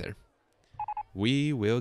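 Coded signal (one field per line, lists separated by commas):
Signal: none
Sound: game sound effect beeps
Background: speech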